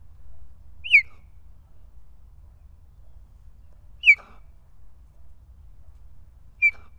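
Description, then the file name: Cheetah chirps: three short, high, bird-like yelps that drop sharply in pitch, spaced about three seconds apart, with quiet background in between. "Gepard"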